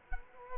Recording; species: mosquito wingbeat signal from an infrared sensor; Culex quinquefasciatus